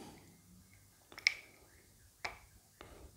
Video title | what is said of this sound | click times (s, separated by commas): Tenere 700: Run Auxiliary Lights Off High-Beam Switch | so I think we just pick these up into the rubber till they click into place. | 1.3 s, 2.2 s